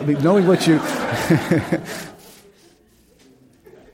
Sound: laughter

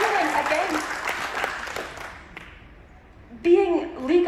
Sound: applause

